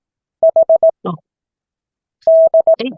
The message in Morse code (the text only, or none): H D